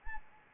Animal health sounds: mosquito wingbeat signal from an infrared sensor; Anopheles arabiensis

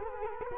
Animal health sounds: mosquito wingbeat signal from an infrared sensor; Culex quinquefasciatus

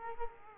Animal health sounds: mosquito wingbeat signal from an infrared sensor; Culex quinquefasciatus

